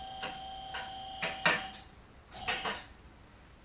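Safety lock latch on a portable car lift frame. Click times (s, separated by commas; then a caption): 1.5 s. A QuickJack BL-5000 SLX portable car lift is raised under load until the safety lock latches on its frame drop into the first locking stop. A series of sharp metallic clicks sounds over a steady high whine, with the loudest click at 1.5 s. The lift is locked into the first stop.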